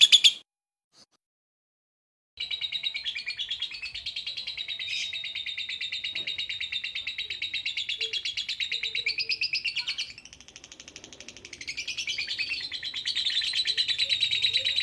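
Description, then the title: Lovebird chattering song, a brief note, a silent gap of two seconds, then a long, fairly soft, buzzy trill of rapid notes that fades midway and swells again. Master training recording for lovebirds, meant to make them quickly produce the long chattering song style called ngekek panjang. "Kicau Lovebird Terapi Masteran LABET Agar Labet Cepet NGEKEK PANJANG"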